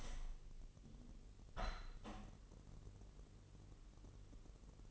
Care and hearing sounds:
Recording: daily activity, microphone in the room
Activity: open window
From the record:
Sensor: 4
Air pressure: 1001.0 hPa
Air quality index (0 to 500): 244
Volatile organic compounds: 42 ppm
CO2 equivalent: 3178 ppm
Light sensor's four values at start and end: 9/20/8/7 and 9/20/8/7

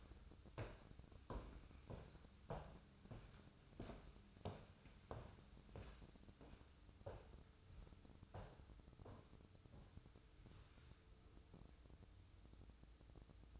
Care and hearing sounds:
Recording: daily activity, microphone in the room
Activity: walk to room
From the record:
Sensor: 2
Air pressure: 988.0 hPa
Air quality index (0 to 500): 136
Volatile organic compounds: 27 ppm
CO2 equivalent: 2890 ppm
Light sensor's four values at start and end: 22/73/29/27 and 23/76/30/29

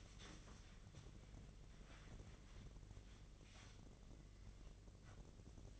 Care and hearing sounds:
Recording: daily activity, microphone in the room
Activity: wipe stove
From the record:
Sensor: 4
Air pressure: 1013.2 hPa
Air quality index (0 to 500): 178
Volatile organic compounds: 2 ppm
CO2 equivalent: 1121 ppm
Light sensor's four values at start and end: 94/237/98/104 and 93/234/96/102

